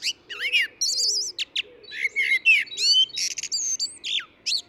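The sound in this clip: Eurasian blackbird delivering a fast, varied song of sweeping whistles, slurred rising and falling notes and thin high squeaks, packed closely with almost no pauses.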